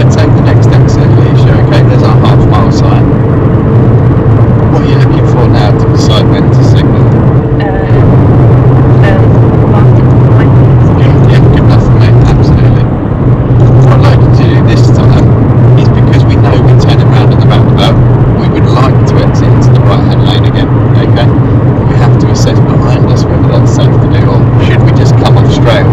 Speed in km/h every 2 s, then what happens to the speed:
89, 89, 90, 90, 89, 85, 84, 82, 84, 84, 84, 85, 85.
0-26 steady at about 85.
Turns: none.